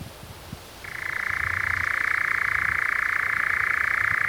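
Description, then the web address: European nightjar churring: a steady, dry, mechanical trill that starts abruptly after a quiet second and runs on without a break to the end. "birdify Caprimulgus europaeus"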